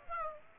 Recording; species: mosquito wingbeat signal from an infrared sensor; Aedes aegypti